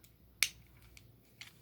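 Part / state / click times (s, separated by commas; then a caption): plastic transforming figure part into its car-mode slot / seated / 0.4 s. A plastic part of a transforming robot car figure is pushed into its car-mode slot and seats with one sharp, bright snap at 0.4 s. A few faint plastic ticks follow at about 1.0 s and 1.4 s, and no one talks.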